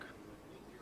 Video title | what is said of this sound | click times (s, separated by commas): Knee 360 Day 3 KASSCON 2023 | just pull back the trigger and then push it you will be able to see the here the audible click | 0.0 s